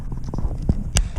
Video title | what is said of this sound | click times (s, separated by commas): TOM BOND SPENDING DAY WITH SYSEMS ENGINEER | like that you heard that snap | 1.0 s